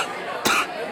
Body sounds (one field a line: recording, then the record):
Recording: coughing mixed with background sound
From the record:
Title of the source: 64 coughing, allergies, singing lungs